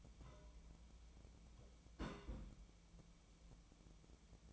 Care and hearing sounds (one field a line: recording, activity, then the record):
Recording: daily activity, microphone in the room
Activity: place on stove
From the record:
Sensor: 1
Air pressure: 1010.0 hPa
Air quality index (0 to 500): 186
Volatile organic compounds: 16 ppm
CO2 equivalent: 2558 ppm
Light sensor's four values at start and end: 38/98/41/50 and 39/99/42/51